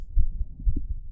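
Low, dull thumps come in pairs through a stethoscope on an adult's chest, about two beat cycles in just over a second: a quick heartbeat, the heart rate raised as it goes up when fighting a sickness or an illness.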